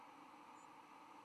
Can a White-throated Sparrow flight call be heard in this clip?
no